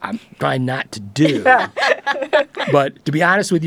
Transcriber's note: laughter